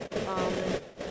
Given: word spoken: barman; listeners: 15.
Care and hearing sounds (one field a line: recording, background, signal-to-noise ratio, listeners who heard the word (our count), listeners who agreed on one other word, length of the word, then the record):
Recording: one English word in noise, from a listening test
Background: noise modulated by three-talker babble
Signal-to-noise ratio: -3.8 dB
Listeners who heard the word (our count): 0 of 15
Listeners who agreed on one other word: 8 of 15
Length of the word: 0.71 s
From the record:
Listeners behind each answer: 8, 2, 2, 1, 1, 1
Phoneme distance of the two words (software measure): 21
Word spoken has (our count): 2 syllables, 5 phonemes, stress on syllable 1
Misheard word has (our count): 1 syllable, 2 phonemes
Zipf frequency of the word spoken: 3.24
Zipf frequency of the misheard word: 4.70